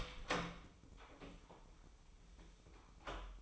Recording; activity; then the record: daily activity, microphone in the room; open door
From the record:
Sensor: 1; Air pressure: 996.1 hPa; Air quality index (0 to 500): 57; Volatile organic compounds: 3 ppm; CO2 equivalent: 1358 ppm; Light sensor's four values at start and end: 14/32/14/15 and 14/33/14/16